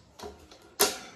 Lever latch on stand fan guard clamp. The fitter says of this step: అంతే జస్ట్ అలా లాక్ అయిపోయింది నేనైతే ఇది బాటం లో పెట్టుకున్నా ఇది ఎక్కడైనా పెట్టుకోవచ్చుండి సైడ్ గాని